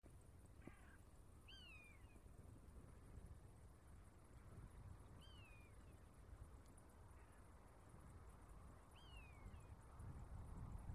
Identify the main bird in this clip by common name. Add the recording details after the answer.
Common Buzzard. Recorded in the wild. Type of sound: flight call. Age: adult. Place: Tiuccia, Corsica, FR. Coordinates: 42.0708, 8.72583. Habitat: Machia. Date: 2011-07-23 16:42. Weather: sunny, 20°C, weak wind. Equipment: Zoom H2, rear micophones. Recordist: Frommolt, Karl-Heinz. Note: Unterhalb des Zeltplatzes U Sommalu: Rufe eines überfliegenden Mäusebussards